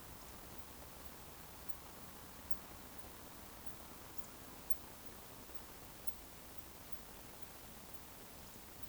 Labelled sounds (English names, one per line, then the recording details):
Eurasian Woodcock whistle
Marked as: whistle, whistle, whistle
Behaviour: display flight
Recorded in Baden-Württemberg, Germany, on 11 June 2020 at 20:30 UTC
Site 14569, 102 m above sea level